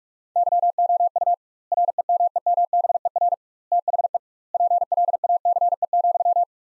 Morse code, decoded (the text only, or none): YOU REMEMBER THE PLACE,